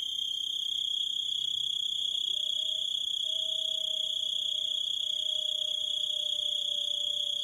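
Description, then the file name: Grasshopper chirping in a continuous high trill, joined after a couple of seconds by a soft, steady lower tone that lasts to the end. "zvuki kuznechika"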